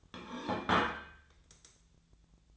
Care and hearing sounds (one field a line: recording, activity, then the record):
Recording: daily activity, microphone in the room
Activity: place plate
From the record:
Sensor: 3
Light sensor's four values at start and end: 33/81/34/37 and 33/82/35/37